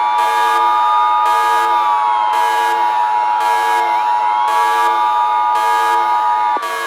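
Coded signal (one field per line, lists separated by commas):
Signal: Emergency Alert System (SAME) tones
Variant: 853 and 960 Hz attention tone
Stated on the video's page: Fictional EAS scenario about climate change, not a real alert.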